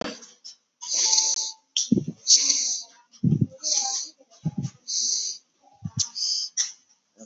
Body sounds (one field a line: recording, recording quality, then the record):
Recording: deep breathing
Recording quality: excellent, no background noise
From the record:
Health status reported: COVID-19 positive, mild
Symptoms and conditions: cold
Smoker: not ticked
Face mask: not worn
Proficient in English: yes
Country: India